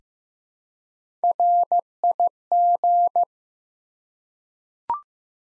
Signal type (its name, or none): Morse code